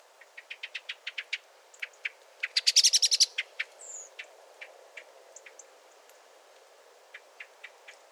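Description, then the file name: Common blackbird calls: sharp, dry chinking notes in a quick series that build into a loud rattling burst, then slow to spaced single clicks with a brief thin whistle. "Turdus merula"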